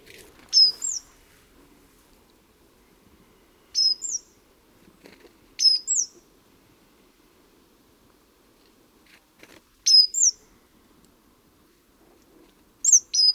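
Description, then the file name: Great tit giving high, thin notes in tight pairs, repeated every few seconds. "Parus major"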